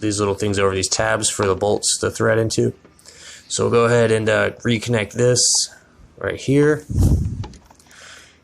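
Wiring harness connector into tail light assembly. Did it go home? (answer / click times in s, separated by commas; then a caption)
yes / 7.4 s. On a 2013 Toyota Tacoma, a wiring harness connector is pushed back onto the plastic tail light housing while someone talks. A quiet little snap at 7.4 seconds, followed by a few faint ticks, marks the connector seating into the tail light assembly.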